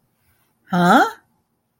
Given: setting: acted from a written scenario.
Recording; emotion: vocal sound without words; confusion